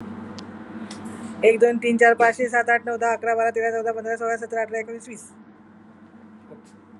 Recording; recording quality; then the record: counting at a fast pace; excellent, no background noise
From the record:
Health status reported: COVID-19 positive, mild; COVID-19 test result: positive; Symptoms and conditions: loss of smell and taste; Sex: female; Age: 55 years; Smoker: not ticked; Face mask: not worn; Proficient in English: yes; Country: India